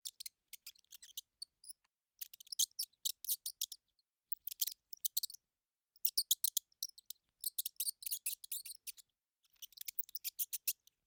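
Mouse squeaking: rapid trains of sharp, high, clicky squeaks in bursts lasting about a second, separated by brief silences, repeated throughout.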